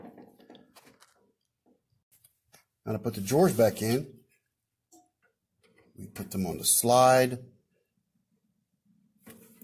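Drawers are placed back onto the slides of a Craftsman 3-drawer portable tool box and lined up before being pushed home, with only faint, sparse handling taps between stretches of someone talking. Nothing has clicked into place yet.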